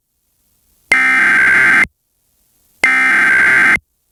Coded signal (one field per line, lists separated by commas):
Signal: Emergency Alert System (SAME) tones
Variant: header bursts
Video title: EAS Silver alert about 91 year old (KALT-FM) (12-19-2022)